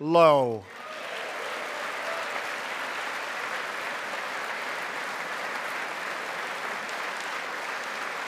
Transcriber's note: applause